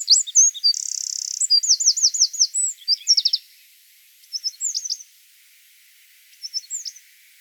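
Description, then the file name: Eurasian wren song, very high and rapid: a sharp steady trill, then a run of looping buzzy notes, followed by two shorter bursts of quick twittering after pauses. "Troglodytes troglodytes"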